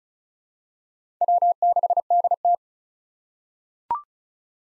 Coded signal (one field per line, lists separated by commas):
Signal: Morse code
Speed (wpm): 34 wpm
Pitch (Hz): 700 Hz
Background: none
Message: W6DT